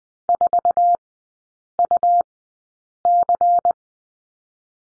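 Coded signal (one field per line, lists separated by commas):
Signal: Morse code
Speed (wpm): 19 wpm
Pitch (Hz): 700 Hz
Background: none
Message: 4UC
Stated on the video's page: Morse code course lesson on the letter G, three-character groups, sent at Farnsworth speed 20/10 wpm.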